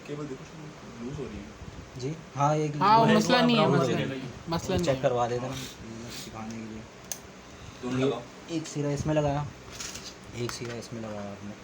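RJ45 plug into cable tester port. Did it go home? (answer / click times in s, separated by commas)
yes / 7.1 s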